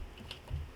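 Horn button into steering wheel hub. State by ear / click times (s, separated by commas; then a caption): not seated / none. A horn button and its modified ring are handled at the center of an aftermarket Nardi wooden steering wheel on an NRG quick release hub, fitted without an airbag on an EF chassis. A light tick sounds at 0.3 s, followed by a dull low thump around 0.5 to 0.6 s. The button has not seated yet, though the modified ring lets it pop right in.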